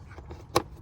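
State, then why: Seated. A plastic wiring harness retaining clip is pushed into its hole on the air box mount of a 2020 Toyota RAV4 while the harness is reconnected after an engine air filter replacement. A single sharp click sounds at 0.6 s over a quiet low background, and the clip is seated.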